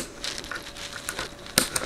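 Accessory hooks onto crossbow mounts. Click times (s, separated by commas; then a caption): 1.6 s. An accessory is hooked onto the mounts on both sides of a Barnett Whitetail Hunter STR crossbow during assembly. Soft rustling and faint ticks give way to a single sharp snap at 1.6 s, followed by a lighter tick. The hooks snap into place and seat.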